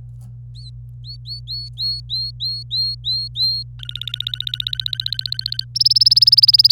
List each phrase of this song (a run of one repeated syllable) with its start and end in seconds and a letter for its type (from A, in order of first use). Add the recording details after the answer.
0.55-0.69 A, 1.04-3.63 A, 3.79-5.64 B, 5.76-6.71 C. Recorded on 26 April 2018 at 11:58. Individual llb3